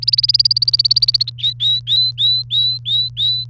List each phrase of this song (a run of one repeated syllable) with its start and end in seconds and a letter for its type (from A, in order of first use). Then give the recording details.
0.02-1.30 A, 1.39-3.45 B. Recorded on 28 April 2018 at 13:47. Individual llb3